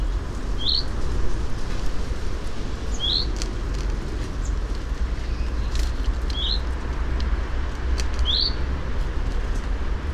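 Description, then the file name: Common chaffinch repeating a short rising call four times, with faint clicks and a continuous low rumble beneath. "Fringilla coelebs"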